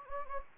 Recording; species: mosquito wingbeat signal from an infrared sensor; Anopheles gambiae